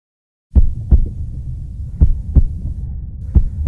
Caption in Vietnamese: Đây là âm thanh của nhịp tim từ một người tài xế xe bus.